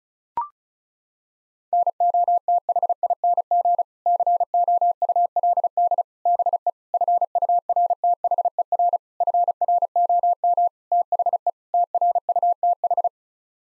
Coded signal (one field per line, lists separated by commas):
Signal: Morse code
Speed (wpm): 36 wpm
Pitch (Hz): 700 Hz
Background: none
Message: NOTHING COULD BE FURTHER FROM THE TRUTH